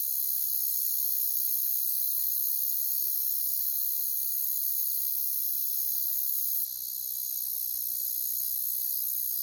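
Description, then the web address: Crickets in a dense, steady high-pitched chorus of continuous trilling that never pauses, with a slight drop in loudness late. "Nature Songs Nature Sounds Sounds of Nature Collection Crickets"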